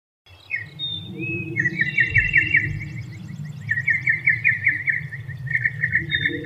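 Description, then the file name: Northern mockingbird song: a long, buzzy, rapidly trilled phrase, then further trills, with a steady low rumble underneath. "kicauan-burung-northern-mockingbird -omkicau"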